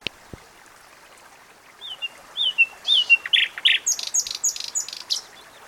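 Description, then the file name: Common nightingale singing: after a couple of sharp taps, a few slurred descending whistles, then thick buzzy notes and a rapid, high, stuttering trill of repeated clicks. "Luscinia megarhynchos"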